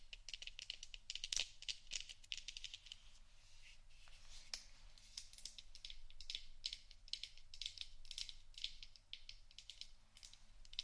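Scratching and tapping on various items, a dense, fast run of dry, bright scrapes and clicks that continues without pause. Sharper taps stand out now and then, notably near 1.3 and 4.5 seconds, over a faint low hum.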